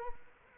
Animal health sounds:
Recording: mosquito wingbeat signal from an infrared sensor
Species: Culex quinquefasciatus

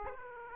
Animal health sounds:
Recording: mosquito wingbeat signal from an infrared sensor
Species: Aedes aegypti

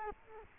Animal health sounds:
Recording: mosquito wingbeat signal from an infrared sensor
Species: Culex quinquefasciatus

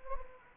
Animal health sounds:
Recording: mosquito wingbeat signal from an infrared sensor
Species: Anopheles gambiae

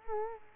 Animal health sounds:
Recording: mosquito wingbeat signal from an infrared sensor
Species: Culex quinquefasciatus

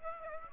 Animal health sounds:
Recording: mosquito wingbeat signal from an infrared sensor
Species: Aedes aegypti

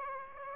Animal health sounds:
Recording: mosquito wingbeat signal from an infrared sensor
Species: Aedes aegypti

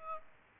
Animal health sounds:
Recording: mosquito wingbeat signal from an infrared sensor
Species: Aedes aegypti

